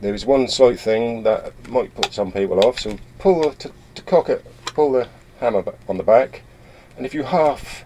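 Someone talks throughout while handling a Weihrauch HW40 PCA single-stroke pneumatic air pistol, working the top cocking lever toward the half-cock position where the mechanism catches. Only speech is clearly heard, and nothing has seated or clicked yet.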